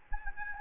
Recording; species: mosquito wingbeat signal from an infrared sensor; Aedes albopictus